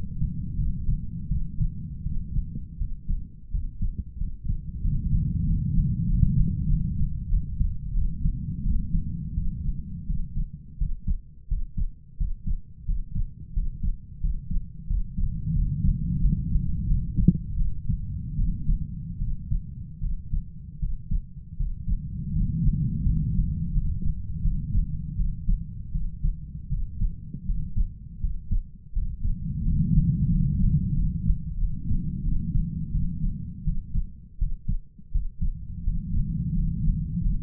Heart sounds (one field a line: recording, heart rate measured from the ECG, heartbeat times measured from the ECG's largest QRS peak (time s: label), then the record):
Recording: heart sounds by stethoscope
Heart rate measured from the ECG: 85 bpm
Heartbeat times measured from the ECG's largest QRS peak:
0.57 s: heartbeat
1.29 s: heartbeat
2.04 s: heartbeat
2.79 s: heartbeat
3.51 s: heartbeat
4.18 s: heartbeat
4.82 s: heartbeat
5.44 s: heartbeat
6.06 s: heartbeat
6.68 s: heartbeat
7.29 s: heartbeat
7.94 s: heartbeat
8.63 s: heartbeat
9.35 s: heartbeat
10.07 s: heartbeat
10.78 s: heartbeat
11.48 s: heartbeat
12.17 s: heartbeat
12.86 s: heartbeat
13.54 s: heartbeat
14.21 s: heartbeat
14.87 s: heartbeat
15.53 s: heartbeat
16.19 s: heartbeat
16.86 s: heartbeat
17.57 s: heartbeat
18.36 s: heartbeat
19.19 s: heartbeat
20.01 s: heartbeat
20.80 s: heartbeat
21.57 s: heartbeat
22.33 s: heartbeat
23.03 s: heartbeat
23.73 s: heartbeat
24.42 s: heartbeat
25.16 s: heartbeat
25.92 s: heartbeat
26.69 s: heartbeat
27.46 s: heartbeat
28.20 s: heartbeat
28.93 s: heartbeat
29.63 s: heartbeat
30.29 s: heartbeat
30.94 s: heartbeat
31.58 s: heartbeat
32.23 s: heartbeat
32.92 s: heartbeat
33.64 s: heartbeat
34.38 s: heartbeat
35.12 s: heartbeat
35.84 s: heartbeat
36.54 s: heartbeat
37.21 s: heartbeat
From the record:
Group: healthy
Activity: rest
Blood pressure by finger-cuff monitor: 111/72 mmHg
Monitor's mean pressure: 86 mmHg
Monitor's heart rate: 85 bpm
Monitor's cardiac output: 7.5 L/min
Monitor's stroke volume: 87 mL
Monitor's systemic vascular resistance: 870 dyn s/cm5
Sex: male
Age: 33 years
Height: 179 cm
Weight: 80.4 kg